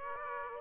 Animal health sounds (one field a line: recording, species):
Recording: mosquito wingbeat signal from an infrared sensor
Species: Aedes aegypti